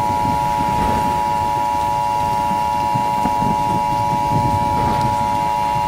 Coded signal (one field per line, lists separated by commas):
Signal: Emergency Alert System (SAME) tones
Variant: 853 and 960 Hz attention tone